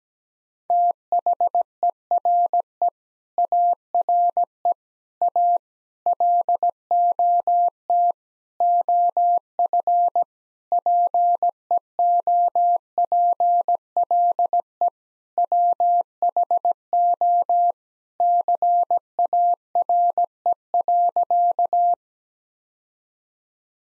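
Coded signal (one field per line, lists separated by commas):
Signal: Morse code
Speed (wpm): 17 wpm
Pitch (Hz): 700 Hz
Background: none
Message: THERE ARE A LOT OF PEOPLE WHO CARE.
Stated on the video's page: Morse code practice sentences of common five-word phrases at 17 wpm for head-copy, each sent twice with first words spoken.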